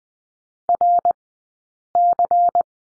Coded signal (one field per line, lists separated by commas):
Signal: Morse code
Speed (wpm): 20 wpm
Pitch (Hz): 700 Hz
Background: none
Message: RC